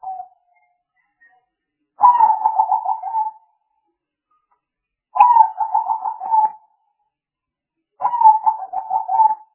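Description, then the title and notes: Spotted dove coos: a brief note at the start, then three longer phrases of burry, pulsed low notes roughly every three seconds. Compilation of the most effective spotted dove calls, used as a lure (pikat). "Pikat Burung Tekukur. Kumpulan suara burung tekukur"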